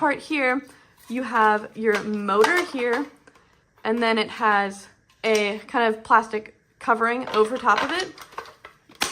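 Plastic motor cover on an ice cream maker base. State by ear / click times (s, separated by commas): seated / 9.0 s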